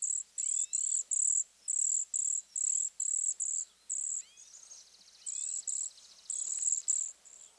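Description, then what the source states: Cedar Waxwing calling: a run of thin, high-pitched buzzy notes in quick succession, briefly broken by a softer trilled buzz before the series resumes. Described as a simple, high-pitched z-z-z-z-z; subtle, buzzy, high-pitched notes.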